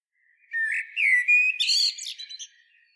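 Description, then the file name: Common blackbird giving one rich whistled phrase that slides upward, then breaks into a brief scratchy, squeaky twitter at the end. "Turdus merula"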